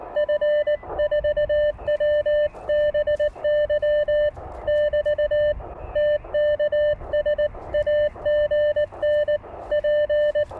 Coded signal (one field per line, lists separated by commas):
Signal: Morse code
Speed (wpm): 19 wpm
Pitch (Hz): 600 Hz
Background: radio noise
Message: F4WBY <BT> TKS AGN P